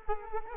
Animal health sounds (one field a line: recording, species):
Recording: mosquito wingbeat signal from an infrared sensor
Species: Culex quinquefasciatus